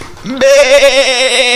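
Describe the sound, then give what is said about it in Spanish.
A person imitates a sheep's bleat, a single drawn-out, wavering "baa" that rises into a loud, steady nasal tone with a trembling vibrato for over a second. “Mamá, mamá, en el colegio me dicen que soy un hijo de oveja.”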